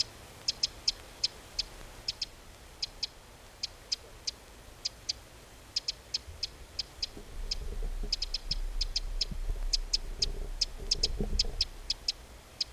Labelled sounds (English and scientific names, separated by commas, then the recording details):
Eurasian Wren (Troglodytes troglodytes) alarm call
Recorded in the wild
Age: adult
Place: Detmold, OT Hiddesen, Teutoburger Wald, Nordrhein-Westfalen, DE
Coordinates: 51.9272, 8.80583
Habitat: pond
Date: 1967-03-27
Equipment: Uher 4000 Report-S, Bändchenmikro Beyer M 260, Parabolspiegel Polyester (470 mm)
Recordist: Conrads, Klaus